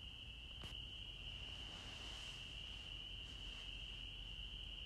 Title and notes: Historias Sonoras Del COVID 19 La Rana Y El Insecto, Holliston, Massachusetts. EEUU. 6 de Abril 21:40 h. Holliston, Massachusetts. EEUU. Los únicos ruidos eran los grillos y las ranas